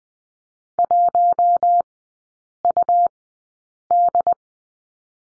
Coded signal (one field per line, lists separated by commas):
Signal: Morse code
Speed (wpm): 20 wpm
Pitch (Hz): 700 Hz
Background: none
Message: 1UD